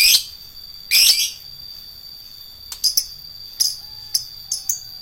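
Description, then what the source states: Lovebird screeches twice at the start, loud and rasping, followed by a few faint, sharp clicks and ticks over a constant high-pitched hum. Adult lovebird of the fighter type.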